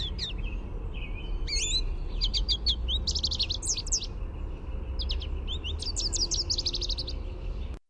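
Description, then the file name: American goldfinch contact song, rising slurred whistles followed by quick series of high chattering notes in several bursts, with low background rumble. Contact song, described as a "sweeet" note. "AMGO contact song sweeet"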